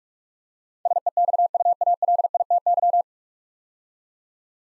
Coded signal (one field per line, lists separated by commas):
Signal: Morse code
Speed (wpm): 44 wpm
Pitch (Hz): 700 Hz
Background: none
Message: SEXUALITY